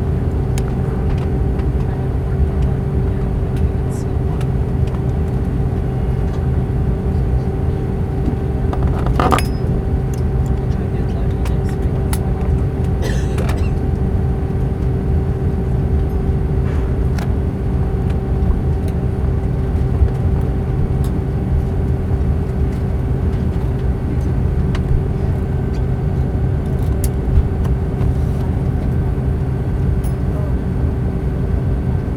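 An aircraft's takeoff roll is a constant, dense low roar with a steady engine whine holding a few fixed pitches throughout. Brief clicks and rattles break through around nine and thirteen seconds, with fainter ticks later, over the unbroken engine noise.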